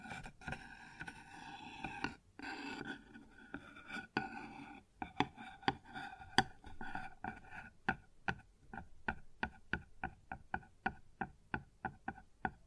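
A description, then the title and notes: ASMR sounds on a wooden surface: for the first five seconds, dense scratching and rubbing with a few knocks and a short pause near the two-second mark. After that, crisp, even taps take over, about three per second, steady until the end. ASMR Sounds on Wooden Surface (No Talking).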